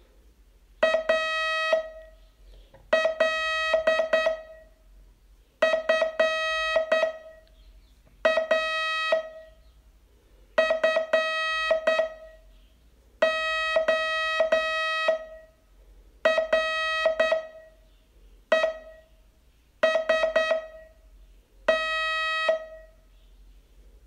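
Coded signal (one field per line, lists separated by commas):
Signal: Morse code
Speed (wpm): 9 wpm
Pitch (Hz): 1900 Hz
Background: none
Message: ALFA FOREST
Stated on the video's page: Morse training lesson, day 26 of a 42-day course.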